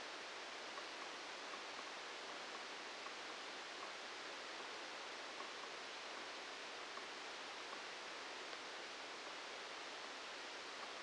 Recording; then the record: brain microelectrode recording played as sound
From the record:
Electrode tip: outside the subthalamic nucleus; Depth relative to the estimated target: -8 mm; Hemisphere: left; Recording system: NeuroSet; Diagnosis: Parkinson's disease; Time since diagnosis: 10 years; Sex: male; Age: 56 years